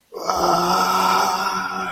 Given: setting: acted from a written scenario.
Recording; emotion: vocal sound without words; pain